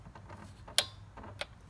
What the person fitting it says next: Okay, there's our click. That's at 8.7.